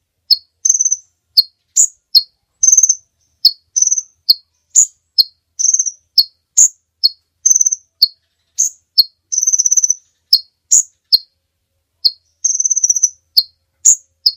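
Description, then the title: Bird chirping in high, sharp notes, short clipped chips alternating with brief rapid trills, repeated steadily about every half second with clean silence between. Master recording for training songbirds. "Master Burung Jos"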